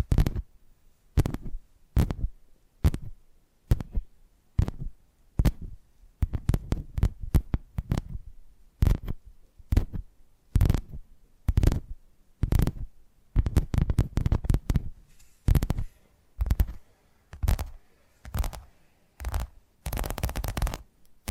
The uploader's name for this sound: Addictive Tapping Triggers